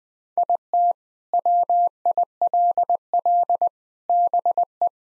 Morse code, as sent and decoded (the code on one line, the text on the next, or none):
.. - / .-- .. .-.. .-.. / -... .
IT WILL BE